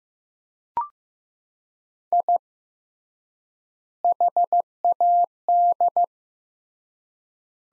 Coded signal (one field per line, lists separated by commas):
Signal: Morse code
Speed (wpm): 15 wpm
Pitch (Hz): 700 Hz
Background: none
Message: I HAD